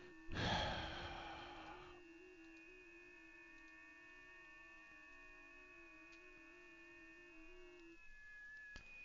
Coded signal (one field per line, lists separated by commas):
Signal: FT8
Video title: Hermes Lite 2 and WSJT-X Digital Modes